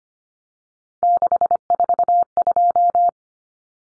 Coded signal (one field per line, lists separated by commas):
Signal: Morse code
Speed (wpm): 25 wpm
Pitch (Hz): 700 Hz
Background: none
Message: 642